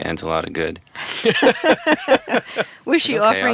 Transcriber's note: laughter